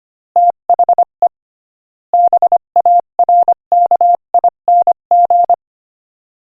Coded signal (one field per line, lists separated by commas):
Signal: Morse code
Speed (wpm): 24 wpm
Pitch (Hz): 700 Hz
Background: none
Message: THE BARKING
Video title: Morse Code Practice: 25 wpm Joke #9